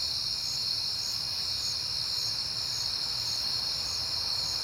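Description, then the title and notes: Crickets in a steady high chorus, with one cricket adding short sharp chirps at a regular pace above it and a low rumble below. Recorded at night on a peaceful September night; crickets heard often that month. "Night Time: Crickets and Passing Cars. It is September and I have been hearing the crickets a lot, but finally had a peaceful night to make the recording"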